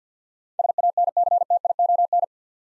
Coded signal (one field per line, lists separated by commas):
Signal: Morse code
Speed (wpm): 50 wpm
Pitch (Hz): 700 Hz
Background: none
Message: SANCTION